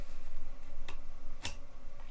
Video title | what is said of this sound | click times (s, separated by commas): Darkstorm by Sabermach - SABER SHOWCASE | it snaps into place it's actually really nice this uh | 1.5 s